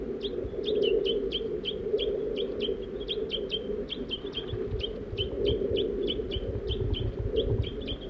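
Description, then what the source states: Crossbill calls, rapid bright chips in a running series over a constant low droning background. Female and juvenile present while feeding; crossbill family in Virginia and Table Mountain pines.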